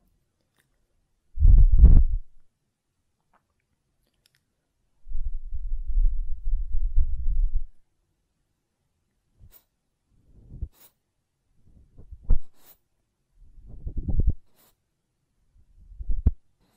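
Ear cleaning and blowing: a strong, low puff near the start, then a longer rumbling gust of air lasting a few seconds. After a pause, shorter muffled bursts and small sharp clicks come every second or two, with silence between them.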